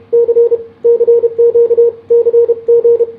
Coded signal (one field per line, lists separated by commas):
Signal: Morse code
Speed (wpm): 30 wpm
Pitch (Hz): 470 Hz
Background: radio noise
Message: C CQ CG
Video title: Begali sculpture cw/morse code, testing at 33 WPM